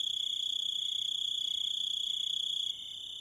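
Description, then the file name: Grasshopper chirp: high, steady ringing trill accompanied by regular short pulses, dropping in level just before the end. "zvuki kuznechika"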